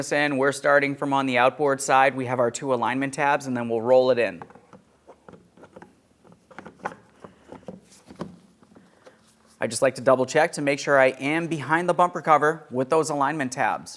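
A fog lamp assembly for a 2007-2014 Ford Edge is started on its two outboard alignment tabs and rolled into the front bumper cover opening, making a series of short, sharp knocks and taps between about 5.8 and 8.2 s. Someone talks before and after. The lamp is only positioned and not yet pressed home, so nothing has seated or clicked yet.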